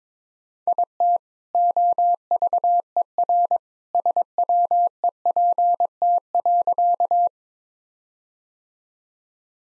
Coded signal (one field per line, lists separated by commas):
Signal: Morse code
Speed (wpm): 21 wpm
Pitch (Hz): 700 Hz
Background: none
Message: IT OVER SWEPT.